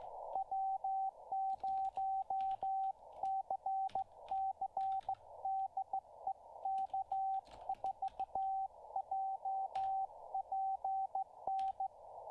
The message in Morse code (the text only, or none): W0CC DE K4JPN